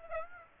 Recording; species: mosquito wingbeat signal from an infrared sensor; Aedes aegypti